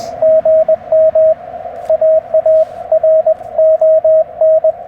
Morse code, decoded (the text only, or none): GM AARON